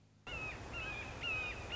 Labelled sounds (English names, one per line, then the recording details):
Red-shouldered Hawk
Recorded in Sonoma County, California